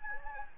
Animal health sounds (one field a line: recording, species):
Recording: mosquito wingbeat signal from an infrared sensor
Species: Anopheles gambiae